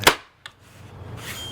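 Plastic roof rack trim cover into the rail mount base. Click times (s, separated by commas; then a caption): 0.1 s. A plastic roof rack trim cover on a 2015 Toyota Highlander is struck by hand so it snaps into the rail mount base, because it has to be hit a little to snap into place. A sharp, loud snap lands at 0.1 s, followed by a fainter tick near 0.5 s and a low background hiss. The trim cover is seated.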